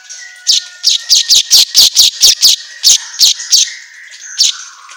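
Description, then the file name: Asian golden weaver song: a quick series of about a dozen harsh scratchy chips over faint thin whistled tones. Song recording meant for training songbirds, labelled 'auto gacor'. "Suara Kicau Manyar Kepala Emas Auto Gacor"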